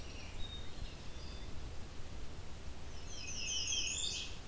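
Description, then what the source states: Blue-winged Warbler song: a buzzy two-part phrase near the end, high and harsh, with fainter high notes earlier, over steady low rumble. Not a frequent singer at the time; forest edge bordering a field with transition meadow, next to a quarry.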